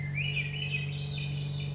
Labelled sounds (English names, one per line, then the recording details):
Swainson's Thrush
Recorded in Sonoma County, California